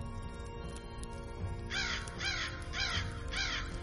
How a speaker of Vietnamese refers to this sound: Tiếng con quạ vang lên trong đêm tối mịt mù, nhưng không ai để ý tới nó.